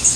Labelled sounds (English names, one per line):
Cerulean Warbler flight call